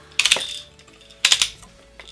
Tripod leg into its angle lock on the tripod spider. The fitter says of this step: so legs pop out like so and snap into place